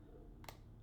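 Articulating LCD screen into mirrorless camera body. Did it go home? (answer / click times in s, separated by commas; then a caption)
yes / 0.4 s, 0.5 s. An articulating flip-out LCD screen on a full-frame mirrorless camera body is folded back into its recess and snaps in, with two short sharp clicks at 0.4 and 0.5 seconds over a low steady background hum. The screen is seated in the camera body.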